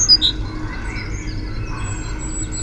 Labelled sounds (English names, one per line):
Eurasian Blue Tit